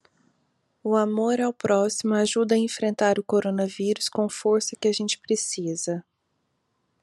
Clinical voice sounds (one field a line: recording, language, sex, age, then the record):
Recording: spoken sentence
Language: Brazilian Portuguese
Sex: female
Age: 30 to 39 years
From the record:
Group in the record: control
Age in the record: 38 years